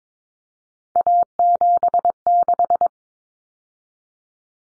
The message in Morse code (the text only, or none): A76